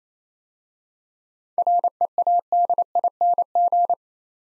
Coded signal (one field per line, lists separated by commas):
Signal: Morse code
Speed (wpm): 27 wpm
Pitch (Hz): 700 Hz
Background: none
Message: READING